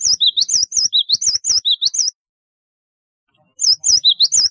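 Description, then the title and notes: Java sparrow singing two bursts of ringing, looping notes alternating high and lower tones with clicking, a silent pause between. "Kicau Burung Gelatik"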